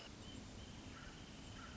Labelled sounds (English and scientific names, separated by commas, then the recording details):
Wrentit (Chamaea fasciata)
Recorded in Sonoma County, California